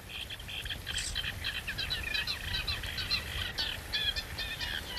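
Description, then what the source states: Acrocephalus reed warbler song, a fast rhythmic chatter of scratchy repeated notes, running continuously over a low rumbling background. Two birds sitting very close by; reed beds beside a pond, at daybreak.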